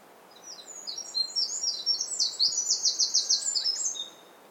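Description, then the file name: Eurasian wren singing: a short burst of piercing high notes speeding into a rapid rattling trill, lasting a few seconds. "Troglodytes troglodytes"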